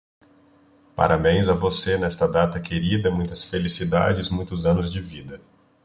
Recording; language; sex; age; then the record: short text; Brazilian Portuguese; male; 30 to 39 years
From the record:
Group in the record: control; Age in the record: 39 years